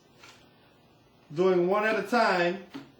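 A male plastic air tubing connector is handled at the snap-lock port of an FP 5000 compression foot pump, with only a faint brief sound near 0.2 s while someone talks. Nothing has seated or clicked yet; the connector is not yet snapped into place.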